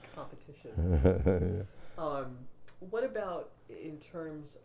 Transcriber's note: laughs